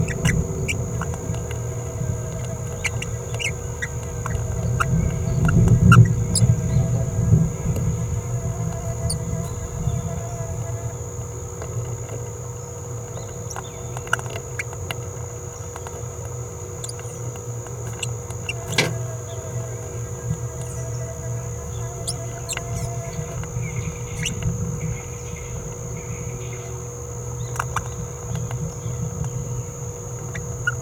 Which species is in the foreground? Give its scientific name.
Forpus passerinus